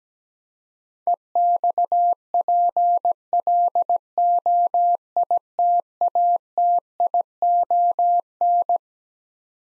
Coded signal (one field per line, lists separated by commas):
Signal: Morse code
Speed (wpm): 17 wpm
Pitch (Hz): 700 Hz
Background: none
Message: EXPLOITATION